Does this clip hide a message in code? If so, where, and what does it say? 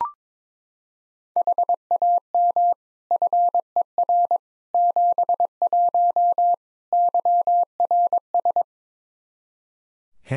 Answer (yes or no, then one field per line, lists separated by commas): yes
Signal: Morse code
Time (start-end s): 1.4-8.6 s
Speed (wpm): 22 wpm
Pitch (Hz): 700 Hz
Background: none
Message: HAM FER 71 YRS